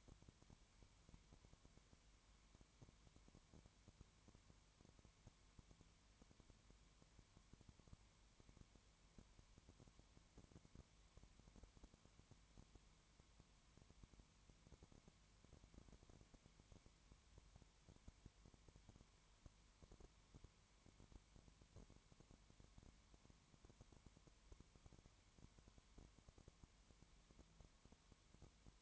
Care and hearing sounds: daily activity, microphone in the room; no activity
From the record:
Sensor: 3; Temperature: 20.2 degrees Celsius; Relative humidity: 31.4%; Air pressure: 1001.3 hPa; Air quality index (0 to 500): 75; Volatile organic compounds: 1 ppm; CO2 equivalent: 698 ppm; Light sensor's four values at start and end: 2/3/2/2 and 2/3/2/2

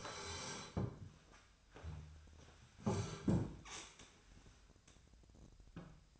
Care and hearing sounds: daily activity, microphone in the room; sit down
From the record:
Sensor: 2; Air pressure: 1015.1 hPa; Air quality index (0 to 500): 132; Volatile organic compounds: 5 ppm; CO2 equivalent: 1706 ppm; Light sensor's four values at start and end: 12/33/13/14 and 12/34/13/15

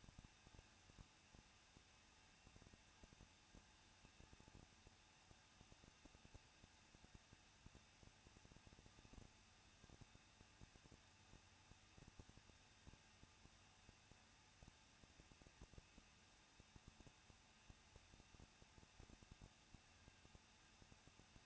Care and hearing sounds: daily activity, microphone in the room; no activity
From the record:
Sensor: 2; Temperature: 21.0 degrees Celsius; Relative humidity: 37.3%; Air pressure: 1006.2 hPa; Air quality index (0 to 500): 221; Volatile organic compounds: 24 ppm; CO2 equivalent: 2798 ppm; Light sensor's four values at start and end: 2/3/2/2 and 2/3/2/2

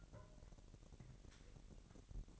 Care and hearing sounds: daily activity, microphone in the room; take from stove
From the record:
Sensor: 4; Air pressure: 1012.9 hPa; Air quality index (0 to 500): 239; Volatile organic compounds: 4 ppm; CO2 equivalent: 1592 ppm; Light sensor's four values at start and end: 28/67/27/26 and 28/66/27/26

